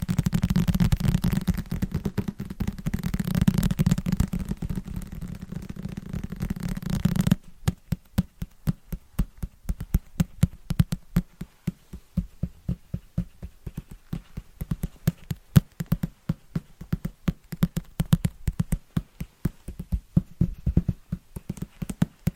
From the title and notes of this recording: ASMR Fast & Rhythmic Tapping with Christmas Presents No Talking.